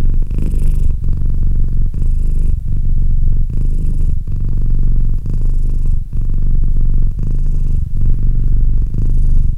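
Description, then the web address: Domestic cat, constant rumbling purr with gentle breath-timed surges and brief dips between cycles. "Cat Purr 201308 Cat purr"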